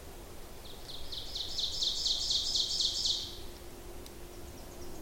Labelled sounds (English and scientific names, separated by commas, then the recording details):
Ovenbird (Seiurus aurocapilla) song
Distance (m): 45 m
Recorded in boreal forest in Alberta, Canada, on 26 May 2016 at 07:14
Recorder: SongMeter 3, array SBT-3-15
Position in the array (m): 41 m, 274 m
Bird 20